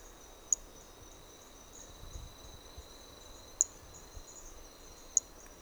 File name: MHNCI Brachy hermogenesi Trilha do Ipiranga ind 4 four starting notes lost